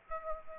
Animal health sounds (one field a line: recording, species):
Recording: mosquito wingbeat signal from an infrared sensor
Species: Aedes aegypti